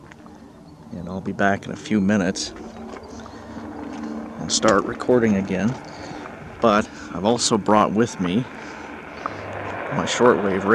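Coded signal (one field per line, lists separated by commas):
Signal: radio time signal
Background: speech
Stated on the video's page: WWVH time signal on 15 MHz, received as a time stamp.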